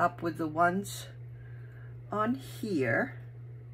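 Small craft magnets are lined up with their matching magnets on a paper envelope insert for a magnetic snap closure. Someone talks over a steady low hum while the pieces are handled. Nothing has seated or clicked yet.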